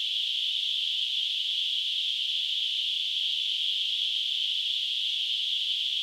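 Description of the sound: Steady, unbroken high-pitched hiss centred around 3 kHz, a simulation of noise-like tinnitus.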